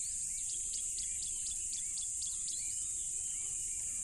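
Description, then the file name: Crickets in a constant high shrill drone, with fast repeated chirping pulses and low burbling notes beneath. Loud crickets at a tropical river. "smartsound ATMO NATURE Tropical River Loud Crickets"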